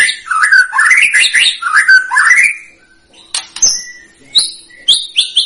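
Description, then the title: White-rumped shama song: fluty, varied warbling phrases, followed after a pause by scattered high sharp notes and brief whistles. Lure recording of a vigorously singing bird, used to provoke a response from other birds. "PANCINGAN MEWAH MURAI BATU GACOR, SEKALI DENGAR AMPUH LANGSUNG RESPON"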